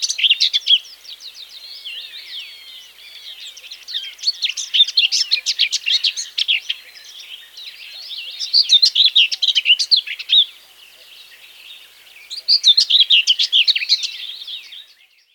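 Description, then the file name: Common whitethroat song: scratchy, chattering warbles given in brisk bursts of a few seconds, separated by quieter twittering passages. "slavka seraja"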